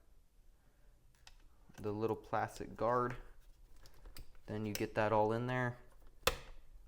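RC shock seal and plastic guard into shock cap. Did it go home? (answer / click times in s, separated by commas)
yes / 6.3 s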